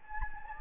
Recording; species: mosquito wingbeat signal from an infrared sensor; Anopheles gambiae